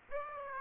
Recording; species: mosquito wingbeat signal from an infrared sensor; Aedes aegypti